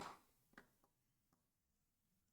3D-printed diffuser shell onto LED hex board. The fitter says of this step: Now, this one doesn't click quite as tightly, so I'll have to hold it to show you.